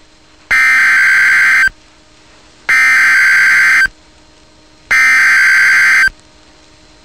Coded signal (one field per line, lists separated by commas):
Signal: Emergency Alert System (SAME) tones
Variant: header bursts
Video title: Severe Thunderstorm Warning (EAS #435)